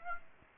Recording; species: mosquito wingbeat signal from an infrared sensor; Aedes aegypti